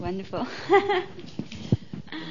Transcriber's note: she laughs